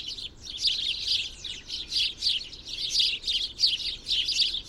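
Bird chirping, quick high twitters in a steady stream, pulsing in short bursts.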